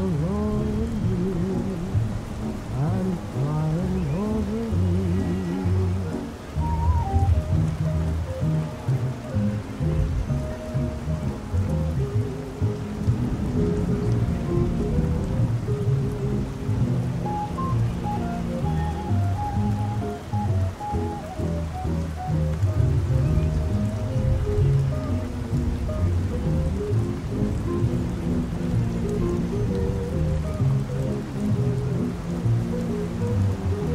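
Oldies music plays in another room, its melody muffled and steady, over a constant low wash of traffic noise coming through an open window.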